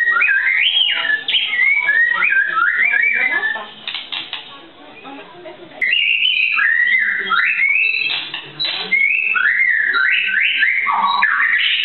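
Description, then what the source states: White-rumped shama song of bright whistled phrases that jump up and down in pitch, delivered in rapid bursts with a short quieter pause mid-way. Masteran training song of white-rumped shama (murai batu).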